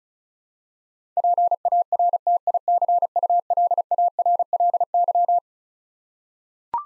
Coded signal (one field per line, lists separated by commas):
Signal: Morse code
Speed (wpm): 36 wpm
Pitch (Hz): 700 Hz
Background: none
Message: PARTICULARLY